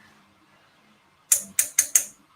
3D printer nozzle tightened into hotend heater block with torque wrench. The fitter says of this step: and then i'm going to torque it and you're going to hear a click click